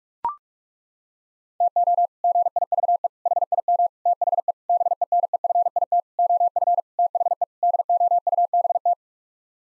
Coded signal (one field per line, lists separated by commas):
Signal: Morse code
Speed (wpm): 41 wpm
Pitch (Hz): 700 Hz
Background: none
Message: TO GIVE HIM THE BENEFIT OF THE DOUBT